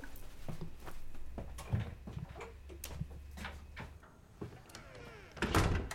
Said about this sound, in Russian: Закрывает дверь ванной и идет к лестнице.